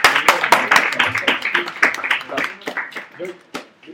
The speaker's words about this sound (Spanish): ¿Se lo cedes a la señorita? ¡Un aplauso para Batman!